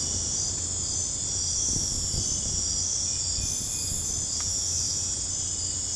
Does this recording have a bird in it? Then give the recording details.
no. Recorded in dense forest near Puerto Asís, Putumayo, Colombia, on 20 December 2024 at 23:30. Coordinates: 0.481, -76.323. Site G100